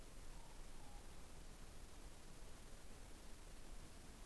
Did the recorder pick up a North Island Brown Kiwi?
no